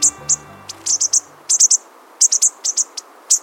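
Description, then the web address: Bushtit: many very high, thin, short notes in irregular clusters. "Birdnote. Bushtits"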